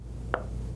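A hot glass jar of salsa, just out of the water bath canner, cools on a towel. At 0.3 s a single sharp, short pop rings out, which may be the button in the center of the flat metal canning lid going down to a concave vacuum seal, or may instead be the jar being set down. The lid is said to have sealed, with the button sunken.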